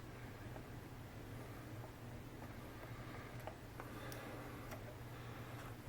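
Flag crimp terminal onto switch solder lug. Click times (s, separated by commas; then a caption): 3.5 s, 3.8 s. A crimped flag terminal is pushed onto the solder lug of a switch in a battery box over a steady low hum. Two faint clicks are heard at 3.5 and 3.8 seconds as it goes on. It ends up a little loose rather than a firm snap fit.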